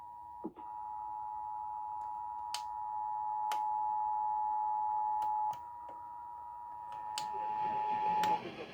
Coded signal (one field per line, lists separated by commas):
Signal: Emergency Alert System (SAME) tones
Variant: 853 and 960 Hz attention tone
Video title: EAS #71/84 - Minnesota Required Monthly Test - Oct 5, 2022